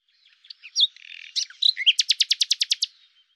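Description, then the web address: Common nightingale song: scattered chirps and a buzzy stretch, then a series of loud, rapid, evenly repeated notes. "cianscape birddata Deverinetal 2025 Bird Lu Me"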